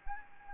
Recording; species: mosquito wingbeat signal from an infrared sensor; Anopheles gambiae